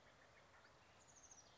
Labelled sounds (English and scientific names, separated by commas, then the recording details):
Oak Titmouse (Baeolophus inornatus)
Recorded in Sonoma County, California